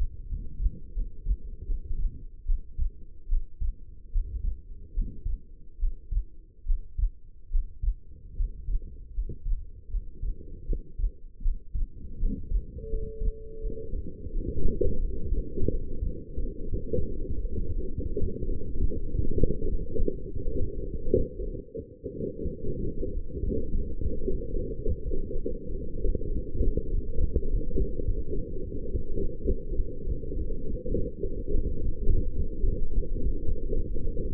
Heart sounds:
heart sounds by stethoscope; 86 bpm
0.28 s: heartbeat
0.93 s: heartbeat
1.65 s: heartbeat
2.45 s: heartbeat
3.28 s: heartbeat
4.11 s: heartbeat
4.93 s: heartbeat
5.78 s: heartbeat
6.65 s: heartbeat
7.50 s: heartbeat
8.35 s: heartbeat
9.13 s: heartbeat
9.89 s: heartbeat
10.65 s: heartbeat
11.41 s: heartbeat
12.18 s: heartbeat
12.89 s: heartbeat
13.60 s: heartbeat
14.31 s: heartbeat
14.99 s: heartbeat
15.69 s: heartbeat
16.39 s: heartbeat
17.06 s: heartbeat
17.73 s: heartbeat
18.43 s: heartbeat
19.10 s: heartbeat
19.76 s: heartbeat
20.44 s: heartbeat
21.11 s: heartbeat
21.79 s: heartbeat
22.48 s: heartbeat
23.12 s: heartbeat
23.75 s: heartbeat
24.39 s: heartbeat
25.03 s: heartbeat
25.67 s: heartbeat
26.28 s: heartbeat
26.89 s: heartbeat
27.51 s: heartbeat
28.14 s: heartbeat
28.79 s: heartbeat
29.41 s: heartbeat
30.04 s: heartbeat
30.69 s: heartbeat
31.34 s: heartbeat
31.98 s: heartbeat
32.61 s: heartbeat
33.25 s: heartbeat
33.88 s: heartbeat
From the record:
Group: healthy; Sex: female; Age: 19 years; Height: 163 cm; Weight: 51 kg

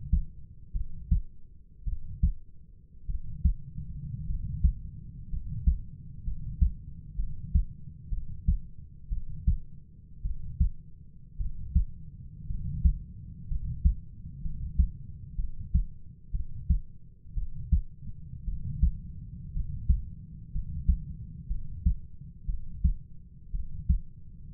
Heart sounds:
heart sounds by stethoscope; 58 bpm
0.73 s: heartbeat
1.85 s: heartbeat
3.07 s: heartbeat
4.27 s: heartbeat
5.30 s: heartbeat
6.24 s: heartbeat
7.16 s: heartbeat
8.10 s: heartbeat
9.09 s: heartbeat
10.22 s: heartbeat
11.38 s: heartbeat
12.47 s: heartbeat
13.48 s: heartbeat
14.42 s: heartbeat
15.36 s: heartbeat
16.32 s: heartbeat
17.35 s: heartbeat
18.45 s: heartbeat
19.53 s: heartbeat
20.52 s: heartbeat
21.48 s: heartbeat
22.46 s: heartbeat
23.52 s: heartbeat
From the record:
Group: healthy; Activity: cold pressor test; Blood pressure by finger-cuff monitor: 115/64 mmHg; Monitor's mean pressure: 77 mmHg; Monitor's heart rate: 61 bpm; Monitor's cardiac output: 5 L/min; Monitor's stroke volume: 83 mL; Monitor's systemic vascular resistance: 1110 dyn s/cm5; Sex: male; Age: 25 years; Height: 170 cm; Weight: 70.4 kg

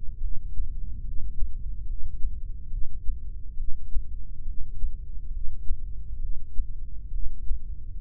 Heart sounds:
heart sounds by microphone in the left ear; 70 bpm
0.23 s: heartbeat
1.06 s: heartbeat
1.89 s: heartbeat
2.72 s: heartbeat
3.59 s: heartbeat
4.48 s: heartbeat
5.34 s: heartbeat
6.22 s: heartbeat
7.13 s: heartbeat
From the record:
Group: heart failure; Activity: rest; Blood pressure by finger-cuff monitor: 125/91 mmHg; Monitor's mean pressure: 103 mmHg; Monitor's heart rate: 71 bpm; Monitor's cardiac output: 6.2 L/min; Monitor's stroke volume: 87 mL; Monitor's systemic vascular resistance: 1240 dyn s/cm5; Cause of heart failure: idiopathic cardiomyopathy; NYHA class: 1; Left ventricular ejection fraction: 50%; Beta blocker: bisoprolol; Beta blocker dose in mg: 5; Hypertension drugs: candesartan, spironolactone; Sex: male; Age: 54 years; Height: 180 cm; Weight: 94.6 kg

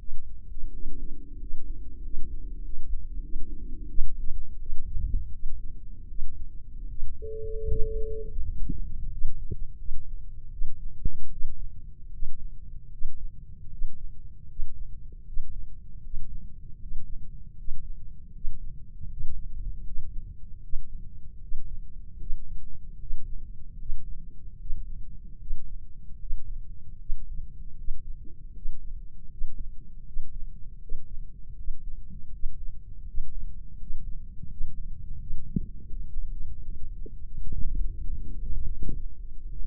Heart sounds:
heart sounds by microphone in the left ear; 81 bpm
0.70 s: heartbeat
1.37 s: heartbeat
2.01 s: heartbeat
2.61 s: heartbeat
3.20 s: heartbeat
3.87 s: heartbeat
4.58 s: heartbeat
5.30 s: heartbeat
6.06 s: heartbeat
6.86 s: heartbeat
7.67 s: heartbeat
8.41 s: heartbeat
9.09 s: heartbeat
9.77 s: heartbeat
10.50 s: heartbeat
11.29 s: heartbeat
12.10 s: heartbeat
12.90 s: heartbeat
13.69 s: heartbeat
14.47 s: heartbeat
15.24 s: heartbeat
16.01 s: heartbeat
16.78 s: heartbeat
17.55 s: heartbeat
18.32 s: heartbeat
19.08 s: heartbeat
19.84 s: heartbeat
20.60 s: heartbeat
21.39 s: heartbeat
22.18 s: heartbeat
22.98 s: heartbeat
23.77 s: heartbeat
24.58 s: heartbeat
25.38 s: heartbeat
26.18 s: heartbeat
26.97 s: heartbeat
27.76 s: heartbeat
28.53 s: heartbeat
29.28 s: heartbeat
30.04 s: heartbeat
30.79 s: heartbeat
31.55 s: heartbeat
32.31 s: heartbeat
33.05 s: heartbeat
33.77 s: heartbeat
34.48 s: heartbeat
35.18 s: heartbeat
35.87 s: heartbeat
36.54 s: heartbeat
37.21 s: heartbeat
37.87 s: heartbeat
38.50 s: heartbeat
39.16 s: heartbeat
From the record:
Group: healthy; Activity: rest 0-10 s, Valsalva maneuver 10-40 s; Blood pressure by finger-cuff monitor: 126/78 mmHg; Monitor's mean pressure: 93 mmHg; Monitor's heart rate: 79 bpm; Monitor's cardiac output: 6.1 L/min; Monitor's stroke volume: 77 mL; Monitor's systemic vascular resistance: 1150 dyn s/cm5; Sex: female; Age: 24 years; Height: 163 cm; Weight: 55.7 kg

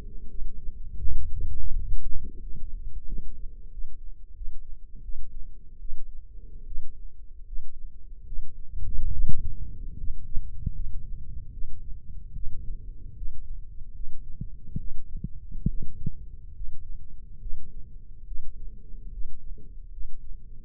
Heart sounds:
heart sounds by microphone in the left ear; 76 bpm
0.29 s: heartbeat
1.00 s: heartbeat
1.72 s: heartbeat
2.41 s: heartbeat
3.07 s: heartbeat
3.71 s: heartbeat
4.35 s: heartbeat
5.03 s: heartbeat
5.80 s: heartbeat
6.66 s: heartbeat
7.46 s: heartbeat
8.26 s: heartbeat
9.12 s: heartbeat
9.98 s: heartbeat
10.74 s: heartbeat
11.52 s: heartbeat
12.34 s: heartbeat
13.16 s: heartbeat
13.94 s: heartbeat
14.78 s: heartbeat
15.68 s: heartbeat
16.54 s: heartbeat
17.40 s: heartbeat
18.26 s: heartbeat
19.11 s: heartbeat
19.91 s: heartbeat
From the record:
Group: healthy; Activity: rest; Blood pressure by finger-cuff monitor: 109/65 mmHg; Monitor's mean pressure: 81 mmHg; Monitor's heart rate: 75 bpm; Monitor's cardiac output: 6.2 L/min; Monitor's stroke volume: 82 mL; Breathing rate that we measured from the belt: 19 breaths a minute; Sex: male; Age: 35 years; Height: 178 cm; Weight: 64 kg

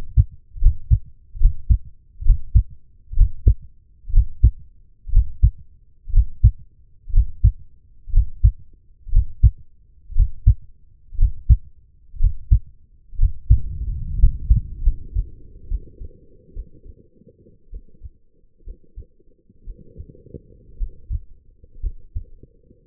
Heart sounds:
heart sounds by stethoscope; 62 bpm
0.61 s: heartbeat
1.40 s: heartbeat
2.24 s: heartbeat
3.16 s: heartbeat
4.12 s: heartbeat
5.12 s: heartbeat
6.12 s: heartbeat
7.12 s: heartbeat
8.12 s: heartbeat
9.11 s: heartbeat
10.15 s: heartbeat
11.17 s: heartbeat
12.19 s: heartbeat
13.18 s: heartbeat
14.18 s: heartbeat
14.82 s: heartbeat
15.68 s: heartbeat
16.53 s: heartbeat
17.70 s: heartbeat
18.64 s: heartbeat
19.64 s: heartbeat
20.77 s: heartbeat
21.80 s: heartbeat
From the record:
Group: healthy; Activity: breath hold 0-12 s, rest 12-23 s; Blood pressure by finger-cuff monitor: 124/81 mmHg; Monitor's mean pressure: 90 mmHg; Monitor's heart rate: 60 bpm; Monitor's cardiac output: 4.7 L/min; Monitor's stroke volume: 77 mL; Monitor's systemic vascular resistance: 1420 dyn s/cm5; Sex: female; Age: 23 years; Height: 160 cm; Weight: 50.4 kg

